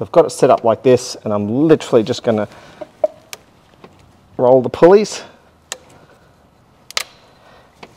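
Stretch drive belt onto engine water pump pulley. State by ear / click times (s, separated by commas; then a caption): seated / 7.0 s. A stretch-fit rubber drive belt is rolled onto the water pump pulley of a Cruze 1.8L engine by turning the pulleys. After someone talks, a few sharp clicks and knocks are heard, then the belt pops into place with a loud snap at 7.0 s. It is seated.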